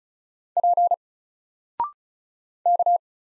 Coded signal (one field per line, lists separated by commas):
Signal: Morse code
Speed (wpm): 36 wpm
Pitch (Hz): 700 Hz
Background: none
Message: P K